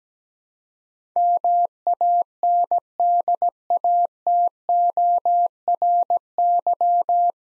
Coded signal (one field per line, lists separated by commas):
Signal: Morse code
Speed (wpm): 17 wpm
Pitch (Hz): 700 Hz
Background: none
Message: MANDATORY